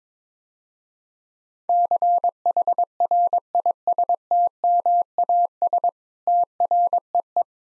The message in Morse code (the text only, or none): CHRISTMAS TREE